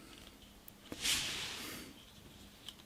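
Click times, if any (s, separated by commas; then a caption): none. A part of a plastic Transformers Legacy Evolution Tarn action figure is lowered toward its clip on the body during transformation. Faint plastic ticks at about 0.3, 0.7 and 0.9 s lead into a broad rubbing, scraping hiss from about 1.0 to 1.9 s, followed by one more small tick at 2.7 s. The part does not lock, and nothing has clicked into place.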